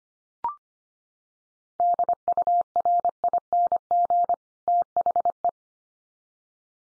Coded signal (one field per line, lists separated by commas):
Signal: Morse code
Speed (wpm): 25 wpm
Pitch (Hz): 700 Hz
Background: none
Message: DURING THE